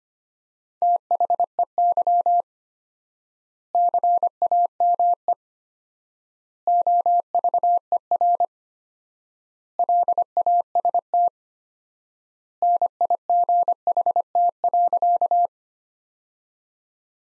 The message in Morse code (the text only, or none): THEY CAME OVER LAST NIGHT.